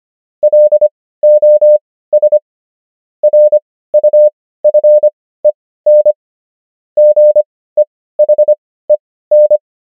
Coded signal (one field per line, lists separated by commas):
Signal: Morse code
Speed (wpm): 25 wpm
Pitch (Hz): 600 Hz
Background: none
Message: LOS RUFEN GEHEN